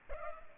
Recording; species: mosquito wingbeat signal from an infrared sensor; Culex pipiens